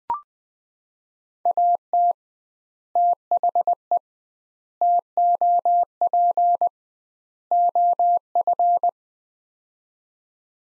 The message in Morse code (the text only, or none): AT THE TOP OF